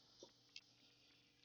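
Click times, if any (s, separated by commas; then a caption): 0.6 s. On a 2005–2010 Honda Odyssey, the wiring harness connector is pushed back onto the base of a 9006 low beam headlight bulb that has just been twisted in and locked. A faint tick is heard near 0.2 s, then a single sharp, short click at 0.6 s as the connector seats.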